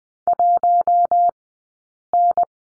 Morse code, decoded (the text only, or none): 1N